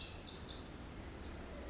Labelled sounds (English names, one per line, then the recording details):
Pacific Wren
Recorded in Sonoma County, California